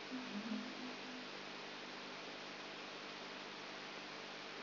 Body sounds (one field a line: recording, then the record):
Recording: brain microelectrode recording played as sound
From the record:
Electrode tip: outside the subthalamic nucleus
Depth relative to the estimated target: 3 mm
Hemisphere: left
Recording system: AlphaMap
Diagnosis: Parkinson's disease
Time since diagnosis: 12 years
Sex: female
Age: 59 years